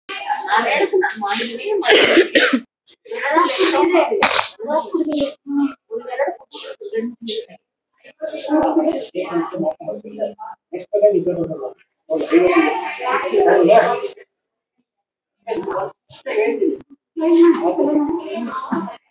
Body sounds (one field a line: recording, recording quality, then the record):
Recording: counting at a fast pace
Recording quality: poor, much background noise or distortion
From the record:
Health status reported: recovered from COVID-19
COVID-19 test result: positive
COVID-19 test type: RT-PCR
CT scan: not taken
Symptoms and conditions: cough, cold, sore throat, fever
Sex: female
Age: 31 years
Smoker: no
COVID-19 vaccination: both doses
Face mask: worn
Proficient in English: yes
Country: India